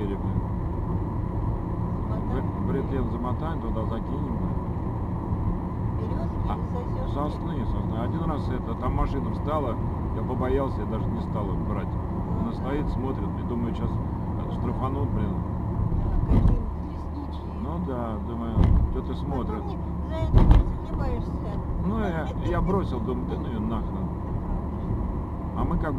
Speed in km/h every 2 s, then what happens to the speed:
82, 82, 83, 82, 83, 82, 82, 79, 76, 73, 71, 71, 72.
0-12 steady at about 82. 12-20 slows to 71. 20-26 steady at about 71.